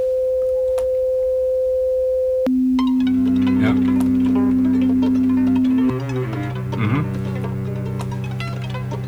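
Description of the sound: A steady pure tone from an audiometer sounds for about two seconds, then drops roughly an octave lower and shifts again near six seconds, with fuller musical sound underneath. These are hearing-test tones stepped lower to match the pitch of a patient's tinnitus, checking whether the test tone can hardly be told apart from the patient's own ear noise.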